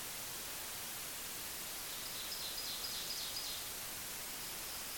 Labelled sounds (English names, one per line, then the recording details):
Ovenbird song
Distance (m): 50 m
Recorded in boreal forest in Alberta, Canada, on 25 June 2016 at 06:37
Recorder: SongMeter 3, array SBT-6-76
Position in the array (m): 35 m, 104 m
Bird 2